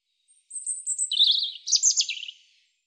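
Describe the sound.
European robin song: a high, drawn-out thin whistle, then warbling, wavering notes ending in a jumbled, tumbling flourish, heard alone.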